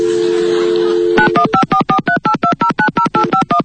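A steady low dial tone hums for about a second, then a quick run of roughly fifteen sharp dual-pitched keypad beeps follows in a rapid, even rhythm as a number is dialed.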